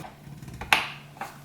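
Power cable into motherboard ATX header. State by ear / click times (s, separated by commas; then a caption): seated / 0.7 s. A brown and black P3 power cable is pushed into the ATX2 power header on the motherboard of an HP Pavilion Gaming Desktop 690-0073w. After a faint contact at 0.6 s, one sharp click at 0.7 s shows the connector has seated, followed by a softer knock near 1.2 s.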